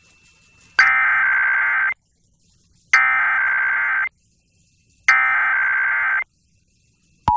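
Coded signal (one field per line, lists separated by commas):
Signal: Emergency Alert System (SAME) tones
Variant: header bursts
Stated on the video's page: Connecticut monthly test on an FM station at 101.3 MHz, 12 kW, received via SDR.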